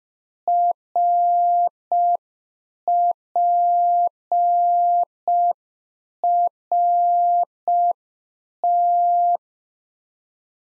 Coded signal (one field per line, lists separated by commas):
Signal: Morse code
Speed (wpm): 5 wpm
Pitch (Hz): 700 Hz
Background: none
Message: RPRT